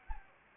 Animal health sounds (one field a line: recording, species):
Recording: mosquito wingbeat signal from an infrared sensor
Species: Anopheles gambiae